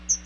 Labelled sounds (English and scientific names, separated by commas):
Chestnut-sided Warbler (Setophaga pensylvanica) flight call